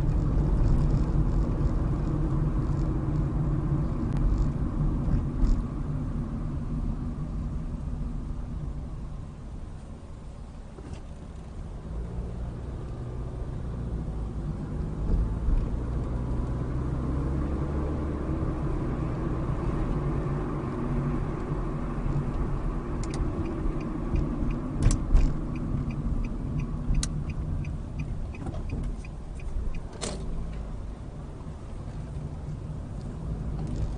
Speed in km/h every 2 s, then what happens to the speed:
37, 34, 26, 16, 6, 11, 18, 29, 35, 42, 42, 35, 23, 11, 11, 13, 18.
0-8 brakes to 6. 9-18 speeds up to 42. 21-26 brakes to 11.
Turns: 8-13, 22-31.